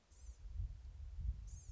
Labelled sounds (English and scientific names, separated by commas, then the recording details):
Blue-gray Gnatcatcher (Polioptila caerulea)
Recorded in Sonoma County, California